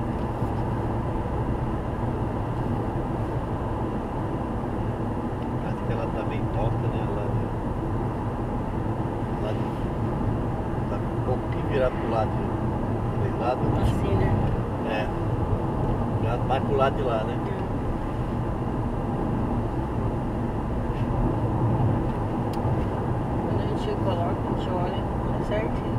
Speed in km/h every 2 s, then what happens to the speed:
97, 95, 93, 93, 95, 97, 97, 94, 93, 93, 92, 92, 90.
0-26 steady at about 93.